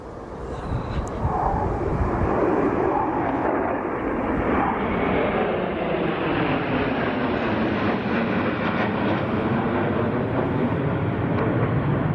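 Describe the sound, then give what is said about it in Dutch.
A loud, sustained roar of Dutch F-16 fighter jets from Leeuwarden air base passing overhead over Friesland on a farewell flight along the Elfstedentocht route, a broad rushing engine noise that holds steady for about twelve seconds with a slowly shifting tone, no voices over it. “Nadat de vliegbasis Leeuwarden jarenlang als thuisbasis heeft gediend voor de Nederlandse F-16's, namen de straaljagers afgelopen week afscheid van de provincie door twee keer de Elfstedentocht te vliegen.”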